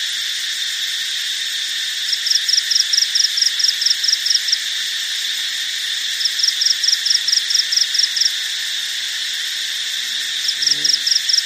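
Cricket calling in bursts of rapid high pulses, about two seconds each, recurring roughly every four seconds over a constant shrill background chorus, with a brief low thud near the end.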